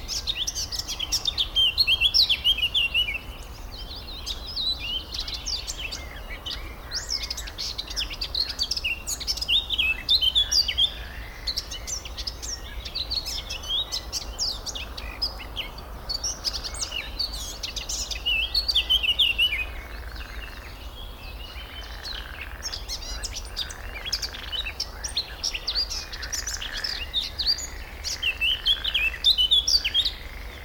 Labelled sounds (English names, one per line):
Eurasian Blackcap